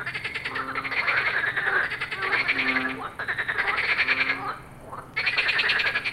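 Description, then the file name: Frogs croaking in a dense chorus, overlapping harsh rattling calls in bursts with brief pauses between them. "grenouilles"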